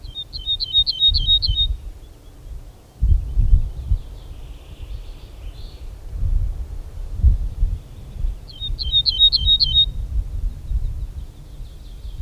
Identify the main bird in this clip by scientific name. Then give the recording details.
Emberiza hortulana. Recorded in the wild. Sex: male. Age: adult. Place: Schloß Holte-Stukenbrock, Senne, Nordrhein-Westfalen, DE. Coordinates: 51.8856, 8.66111. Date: 1972-05-22. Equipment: Uher 4200 Report Stereo, Bändchenmikro Beyer M 260, Parabolspiegel Polyester (600 mm). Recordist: Conrads, Klaus. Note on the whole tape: Hof Stallmann I (Furlbach-Gebiet). Männchen: Gesang